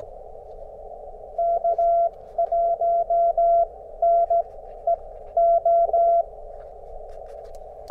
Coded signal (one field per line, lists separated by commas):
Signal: Morse code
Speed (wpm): 16 wpm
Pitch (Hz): 680 Hz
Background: none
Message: K1NEO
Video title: QMX LIVES TO POTA ON! #cw #hamradio #parksontheair